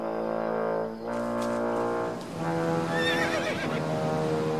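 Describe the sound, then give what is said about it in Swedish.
A horse neighs loudly in a run of drawn-out whinnies, its voice rough and buzzing, then climbing into a high, trembling quaver near the end. No one speaks. “Säg mig, är det inte din häst så god där nere?”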